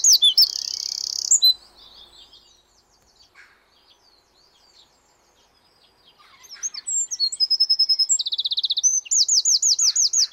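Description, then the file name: Eurasian wren, a brief shrill buzzing trill at the start, a quiet pause, then a long stream of rapid high twitters and fast repeated trill notes. "Troglodytes troglodytes"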